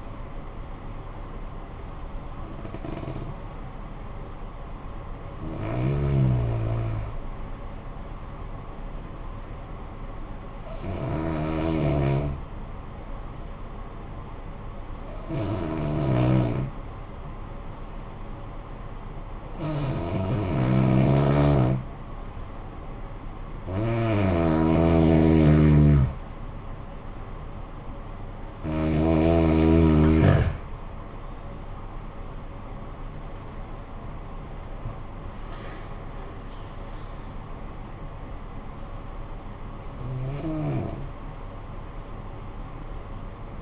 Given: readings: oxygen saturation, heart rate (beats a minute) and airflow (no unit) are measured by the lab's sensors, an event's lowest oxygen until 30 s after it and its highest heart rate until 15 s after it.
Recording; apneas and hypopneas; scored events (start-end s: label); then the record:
breathing in sleep by a smartphone at the bedside; 1
9.00-25.90 s: hypopnea (N1, oxygen 96% highest, then 89% lowest, heart rate 60 at the start, 74 highest)
40.00-43.62 s: new sleep stage, N2 (light sleep)
From the record:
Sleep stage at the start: N1 (lightest sleep); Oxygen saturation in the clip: 89 to 96%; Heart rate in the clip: 52 to 80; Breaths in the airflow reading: 9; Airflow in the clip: -14.5 to 11.4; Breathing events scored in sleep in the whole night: 445 in 7.6 hours asleep